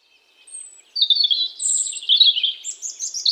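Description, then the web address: European robin song, a faint opening note followed by a long, high, tumbling phrase of rapid liquid warbles and thin whistled slurs. "SETE data Erithacus rubecula"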